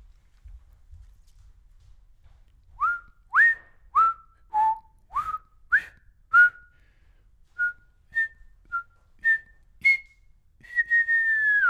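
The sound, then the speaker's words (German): A high-pitched whistled tune of about a dozen short, swooping notes in a bouncy rhythm, ending on a long, sustained high note that slowly slides downward. No one speaks. “So hoch kann ich leider nicht pfeifen.”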